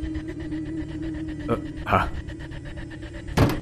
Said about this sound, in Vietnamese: Tôi nghe một tiếng đập cửa rõ to vang lên, cùng với đó hình như là tiếng giật mình của bác bảo vệ. Ánh liệu ló mặt ra nhìn, hình như cánh cửa tự động đóng mở đã làm cho bác có chút nghi ngại xen lẫn lo sợ.